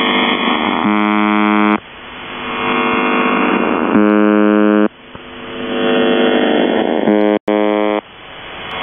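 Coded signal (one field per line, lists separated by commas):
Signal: channel marker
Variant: UVB-76, The Buzzer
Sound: three harsh low buzzes, each about one second, separated by rushing static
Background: radio static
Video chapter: 00:00 - Kerro Marker, Kerro on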